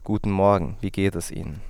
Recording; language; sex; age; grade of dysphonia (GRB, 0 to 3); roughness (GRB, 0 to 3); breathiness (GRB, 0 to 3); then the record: spoken sentence; German; male; 20 to 29 years; 0; 0; 0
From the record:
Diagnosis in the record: healthy voice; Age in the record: 21 years